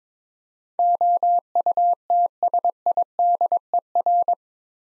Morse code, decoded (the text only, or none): OUTSIDER